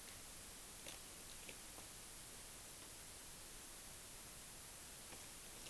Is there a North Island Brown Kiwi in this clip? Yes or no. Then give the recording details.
no. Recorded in New Zealand on 16 June 2014. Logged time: 03:08